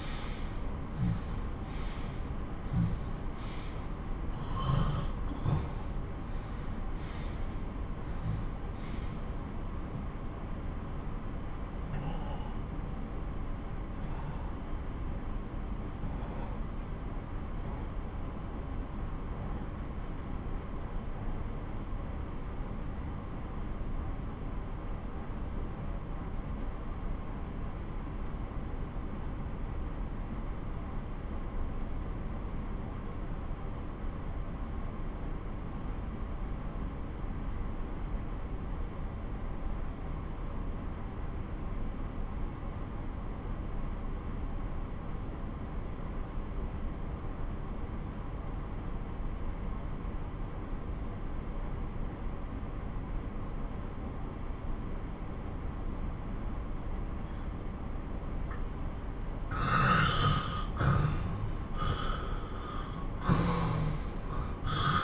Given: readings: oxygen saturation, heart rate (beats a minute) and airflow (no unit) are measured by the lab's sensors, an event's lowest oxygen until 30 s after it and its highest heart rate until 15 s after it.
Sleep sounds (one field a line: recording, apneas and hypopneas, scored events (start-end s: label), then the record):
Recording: breathing in sleep by a smartphone at the bedside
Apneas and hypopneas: 1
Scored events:
2.00-32.00 s: new sleep stage, N1 (lightest sleep)
5.00-57.60 s: obstructive apnea (N1, oxygen 97% highest, then 88% lowest)
32.00-62.00 s: new sleep stage, N2 (light sleep)
62.00-65.04 s: new sleep stage, N1 (lightest sleep)
From the record:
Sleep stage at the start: N2 (light sleep)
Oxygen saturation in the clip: 86 to 97%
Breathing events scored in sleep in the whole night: 217 in 6.3 hours asleep